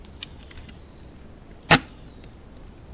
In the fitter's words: you can hear the click.